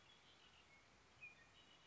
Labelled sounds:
Red-winged Blackbird
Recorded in Sonoma County, California

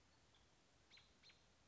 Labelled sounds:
American Robin
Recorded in Sonoma County, California

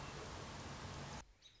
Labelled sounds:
American Robin
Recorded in Sonoma County, California

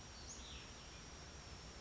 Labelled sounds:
Cassin's Vireo
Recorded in Sonoma County, California

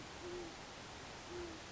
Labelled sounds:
Great Horned Owl
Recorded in Sonoma County, California

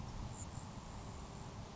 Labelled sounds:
Grasshopper Sparrow
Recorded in Sonoma County, California

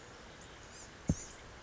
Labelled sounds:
Blue-gray Gnatcatcher
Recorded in Sonoma County, California

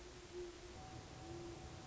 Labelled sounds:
Great Horned Owl
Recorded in Sonoma County, California

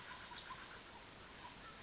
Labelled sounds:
Western Flycatcher
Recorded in Sonoma County, California

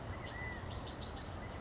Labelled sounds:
California Quail
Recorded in Sonoma County, California

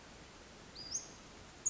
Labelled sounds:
Western Flycatcher
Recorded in Sonoma County, California

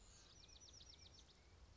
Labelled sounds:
Bewick's Wren
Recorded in Sonoma County, California

